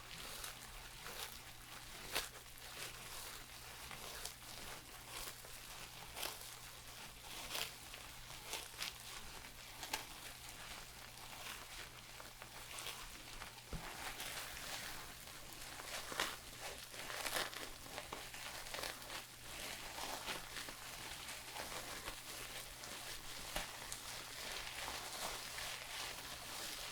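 Shampooing and hair brushing, heard as a dense, bright, scratchy rustle that runs the whole time. Quick strokes and crackles come in irregular bursts every second or so. A steady low hum sits underneath throughout.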